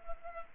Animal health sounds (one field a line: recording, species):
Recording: mosquito wingbeat signal from an infrared sensor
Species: Culex pipiens